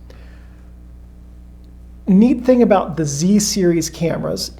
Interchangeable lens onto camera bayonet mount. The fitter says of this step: and then you just turn it clockwise until it clicks